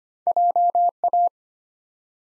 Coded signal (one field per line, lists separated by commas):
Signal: Morse code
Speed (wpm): 25 wpm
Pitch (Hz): 700 Hz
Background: none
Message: JA